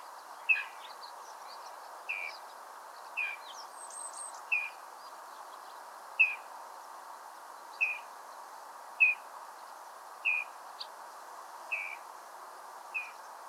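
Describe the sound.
Rufous-chested dotterel calling: brief clear whistled notes, about ten in all, over a low steady hiss.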